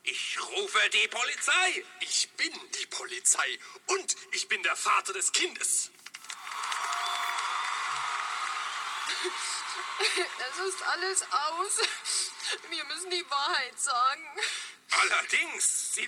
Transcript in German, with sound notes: Ich rufe die Polizei!
Ich bin die Polizei! Und ich bin der Vater des Kindes!
(schluchzt) Es ist alles aus. Wir müssen die Wahrheit sagen.
Allerdings!